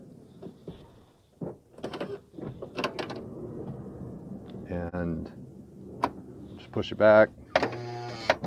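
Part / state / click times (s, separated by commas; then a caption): sliding door latch arm in rear door latch mechanism / seated / 8.3 s. The latch arm in the rear door latch mechanism of a Honda Odyssey rear sliding door, which wasn't snapping back, is pushed back by hand while someone talks over mechanical knocks and a harmonic whirring. The sliding door latch engages with a click at 8.3 s, and the door now closes properly.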